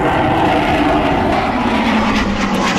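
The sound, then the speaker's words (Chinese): A steady, loud roar of three J-20 fighter jets in new camouflage passing overhead above the exhibition hall at the 12th China Airshow in Zhuhai, a broad rumbling wash of noise with a low tonal drone running beneath it for the whole stretch. “上午11点，三架使用全新迷彩涂装的国产四代机歼20战机从航展馆上空飞过。”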